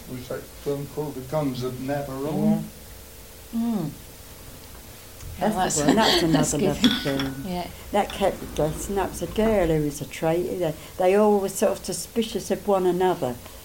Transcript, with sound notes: Was that film called The Guns of Navarone?
Yeah.
Mhm. Well, that's good. [laughs]
That's another lovely film.
Yeah.
That kept and that was a girl who was a traitor. They all were sort of suspicious of one another.